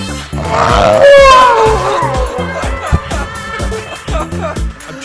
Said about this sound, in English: Backwards dog sound. Oh man. It's like a backwards dog sound.